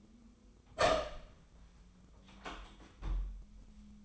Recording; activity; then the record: daily activity, microphone in the room; open door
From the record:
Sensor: 1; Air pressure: 1005.0 hPa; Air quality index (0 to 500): 83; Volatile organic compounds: 2 ppm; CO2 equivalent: 1125 ppm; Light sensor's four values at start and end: 9/22/9/9 and 9/23/9/10